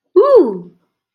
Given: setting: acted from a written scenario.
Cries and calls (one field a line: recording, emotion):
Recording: vocal sound without words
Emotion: triumph